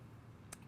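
The hinged latch of a diamond hoop earring is opened, giving one short, sharp click at 0.5 s over a quiet low background hum. The latch releases and the hoop opens.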